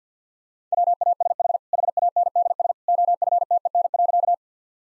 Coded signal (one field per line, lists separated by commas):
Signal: Morse code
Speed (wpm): 50 wpm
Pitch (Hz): 700 Hz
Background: none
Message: WASH HANDS OFTEN.